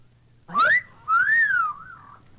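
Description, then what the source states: Parrot whistle: a two-part wolf whistle, a sharp rising note followed by a longer note that rises and falls, over a low background hum. Bambi, a talking parrot, answering what he says to pretty girls who visit him; taped in a shop at Rockefeller Center with a cacophonic background.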